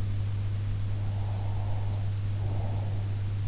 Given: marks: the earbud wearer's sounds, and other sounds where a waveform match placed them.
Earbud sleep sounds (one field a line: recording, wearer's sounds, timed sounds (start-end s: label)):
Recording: sounds in sleep by an in-ear microphone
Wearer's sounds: breath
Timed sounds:
0.90-3.24 s: breath